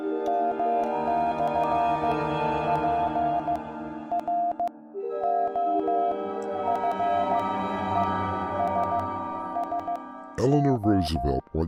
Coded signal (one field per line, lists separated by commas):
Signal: Morse code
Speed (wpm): 15 wpm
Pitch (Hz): 700 Hz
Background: speech, music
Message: M/PROFESSO